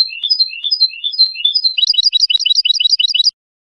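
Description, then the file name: European goldfinch song: a run of varied, upslurred twittering notes speeding into a rapid trill that stops abruptly after about three seconds. "audio burung goldfinch"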